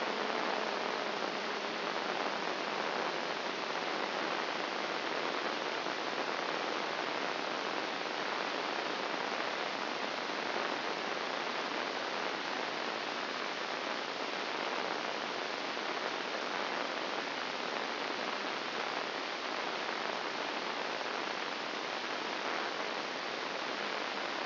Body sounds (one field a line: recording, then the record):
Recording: brain microelectrode recording played as sound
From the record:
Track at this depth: inside the subthalamic nucleus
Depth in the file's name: 3.302 mm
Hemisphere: left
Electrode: 2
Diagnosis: Parkinson's disease